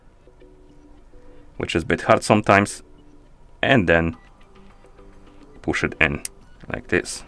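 A watch strap for an Amazfit T-Rex 3 Pro 48mm is inserted on one side of the case lug while its quick-release spring pin is retracted, which can be a bit hard, before the strap is pushed into place. Someone talks in short bursts over faint background music. Nothing has seated or clicked yet.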